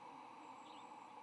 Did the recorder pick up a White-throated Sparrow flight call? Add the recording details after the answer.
no. No flight call is heard. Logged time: 11:32 on 8 November 2014